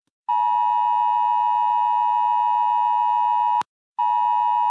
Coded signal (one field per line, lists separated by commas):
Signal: Emergency Alert System (SAME) tones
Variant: 853 and 960 Hz attention tone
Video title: The Scratchers Show S1 EP5 EAS ALARMS!